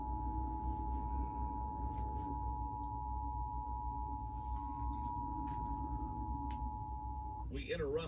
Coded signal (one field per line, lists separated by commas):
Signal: Emergency Alert System (SAME) tones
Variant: 853 and 960 Hz attention tone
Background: speech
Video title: It’s that time again...EAS Tests From March 10, 2021 (EAS #877-880)